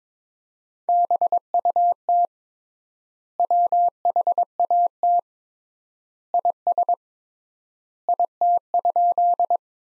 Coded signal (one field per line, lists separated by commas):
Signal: Morse code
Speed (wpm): 22 wpm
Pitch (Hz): 700 Hz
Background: none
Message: BUT WHAT IS IT?